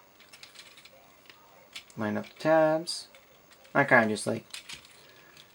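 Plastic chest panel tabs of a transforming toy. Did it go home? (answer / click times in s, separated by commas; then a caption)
no / none. The plastic chest panel of a transforming toy (Transformers Age of Extinction Voyager Autobot Hound) is lined up by hand, tabs aligned before being pressed home. Small handling ticks and clatter are heard while someone talks. Nothing has seated or clicked yet.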